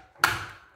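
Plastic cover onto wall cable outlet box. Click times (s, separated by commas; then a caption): 0.2 s. While preparing the cable outlet for a 1500 W DELTACALOR Telica Cintré fluid-inertia electric radiator, a plastic cover is pressed onto a wall cable outlet box after being checked for the right way round. A faint rustle at 0.2 s leads into a single sharp, bright click at 0.2 s that fades within about half a second. The cover is seated and clipped in firmly.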